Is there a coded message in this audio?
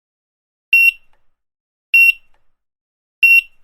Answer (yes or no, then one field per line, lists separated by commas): no